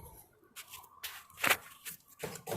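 A wiring harness connector is plugged into a new aftermarket door lock actuator mounted inside the driver side door of a 2012 Scion iQ. Brief rustling and shuffling handling noises lead up to a sharp click at 1.5 s, followed by more light handling sounds. The connector is seated in the actuator.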